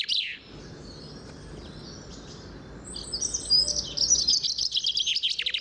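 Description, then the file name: Common chaffinch calling: a brief descending burst of high notes at the start, then after a quiet stretch a dense run of rapid, repeated high chirps to the end. "Fringilla coelebs"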